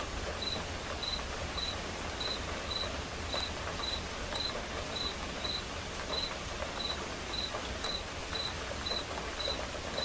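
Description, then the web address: Cricket gives many short high chirps throughout, against a constant patter of gentle rain. Crickets chirping as accompaniment to a quiet rain. "som de chuva silenciosa com acompanhamento de grilos"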